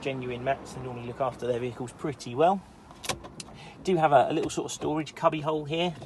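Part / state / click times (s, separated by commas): plastic storage cubby lid into car dashboard compartment / not seated / none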